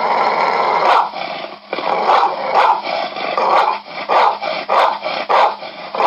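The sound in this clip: American Pit Bull Terrier barking: harsh, rough barks repeated rapidly through the whole stretch.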